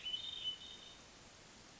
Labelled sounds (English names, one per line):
Hermit Thrush